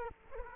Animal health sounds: mosquito wingbeat signal from an infrared sensor; Culex quinquefasciatus

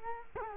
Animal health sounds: mosquito wingbeat signal from an infrared sensor; Culex quinquefasciatus

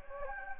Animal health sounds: mosquito wingbeat signal from an infrared sensor; Anopheles gambiae

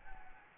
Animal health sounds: mosquito wingbeat signal from an infrared sensor; Anopheles gambiae

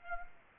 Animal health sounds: mosquito wingbeat signal from an infrared sensor; Aedes aegypti

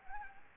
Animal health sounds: mosquito wingbeat signal from an infrared sensor; Anopheles gambiae

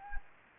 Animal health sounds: mosquito wingbeat signal from an infrared sensor; Anopheles gambiae

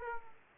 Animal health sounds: mosquito wingbeat signal from an infrared sensor; Aedes aegypti

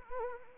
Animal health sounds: mosquito wingbeat signal from an infrared sensor; Anopheles arabiensis

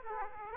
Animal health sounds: mosquito wingbeat signal from an infrared sensor; Aedes aegypti

